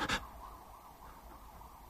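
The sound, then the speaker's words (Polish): A faint, distant ambulance or police siren drifts in as a thin, wavering tone that rises and falls gently, preceded by a brief rustling burst at the very start. “Karetka. Albo radiowóz. Daleko.”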